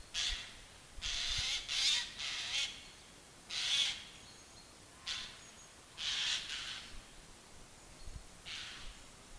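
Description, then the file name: Eurasian jay uttering a series of hoarse, grating screeches, several calls, some doubled, over a quiet background. "Garrulus glandarius"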